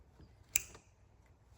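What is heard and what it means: A wiring pigtail connector is pushed back onto an ignition coil of a 2013 Toyota Avalon hybrid engine during spark plug replacement. A single sharp, loud click sounds at 0.6 s against a quiet background. The click confirms the connector is seated and properly back on.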